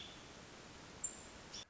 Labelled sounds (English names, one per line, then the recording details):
American Robin
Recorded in Sonoma County, California